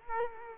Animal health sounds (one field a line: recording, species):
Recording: mosquito wingbeat signal from an infrared sensor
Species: Culex quinquefasciatus